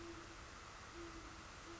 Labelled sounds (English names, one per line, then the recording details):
Great Horned Owl
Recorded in Sonoma County, California